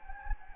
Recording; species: mosquito wingbeat signal from an infrared sensor; Anopheles gambiae